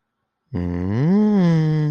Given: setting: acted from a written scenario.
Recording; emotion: vocal sound without words; romantic love